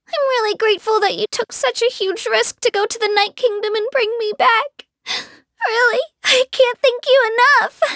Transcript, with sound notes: I'm really grateful that you took such a huge risk to go to the Night Kingdom and bring me back... *sniffle* Really, I can't thank you enough!